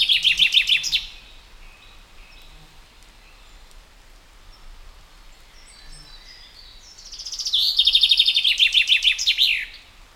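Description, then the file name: Common chaffinch song: a fast trill of bright notes dropping in steps to a flourish, heard at the end of one phrase and then a full one, with faint notes from other birds between. "Fringilla coelebs"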